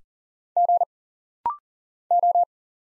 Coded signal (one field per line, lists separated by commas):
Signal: Morse code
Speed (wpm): 42 wpm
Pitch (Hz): 700 Hz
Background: none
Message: G O